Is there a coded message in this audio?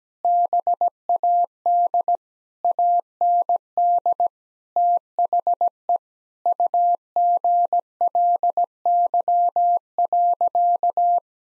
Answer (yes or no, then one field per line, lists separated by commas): yes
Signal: Morse code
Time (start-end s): 0.2-11.2 s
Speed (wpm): 17 wpm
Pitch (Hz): 700 Hz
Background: none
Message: BAD AND THE UGLY.